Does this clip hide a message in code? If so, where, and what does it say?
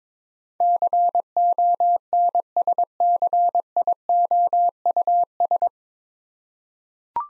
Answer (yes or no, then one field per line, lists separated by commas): yes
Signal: Morse code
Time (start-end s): 0.6-5.7 s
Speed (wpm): 21 wpm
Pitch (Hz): 700 Hz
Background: none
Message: CONSCIOUS